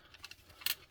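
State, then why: Seated. The thigh extension of a plastic transforming robot figure is pulled out until it clicks into place, the fit being tight. A few light plastic ticks come first, then a sharp, loud bright click at 0.7 s, followed by a faint tick near the end. The joint is seated.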